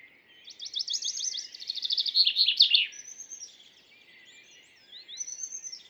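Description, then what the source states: Common Chaffinch giving one full song: a run of quick repeated notes, then a faster series and a sharp final flourish, followed by faint thin high notes from other birds. Very active on the morning of 2 June 2019 at La Carrière, Lesches-en-Diois, in the same shrub as a Western Bonelli's Warbler; stereo recording, Mixpr3 recorder, MKH40 microphone.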